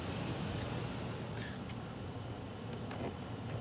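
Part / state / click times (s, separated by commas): electric trunk latch in a fiberglass trunk lid / not seated / none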